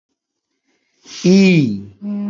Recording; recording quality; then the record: sustained vowel as in beet; poor, much background noise or distortion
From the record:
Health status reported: healthy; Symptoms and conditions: none ticked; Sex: male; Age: 40 years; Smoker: not ticked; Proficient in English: yes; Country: India